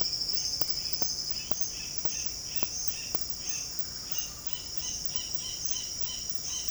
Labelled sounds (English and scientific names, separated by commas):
Roadside Hawk (Rupornis magnirostris)